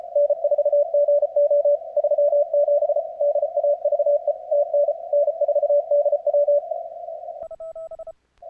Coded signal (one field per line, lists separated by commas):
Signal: Morse code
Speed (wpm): 36 wpm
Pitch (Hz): 580 Hz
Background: radio noise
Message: N4GO 37 DAVE TN N4DW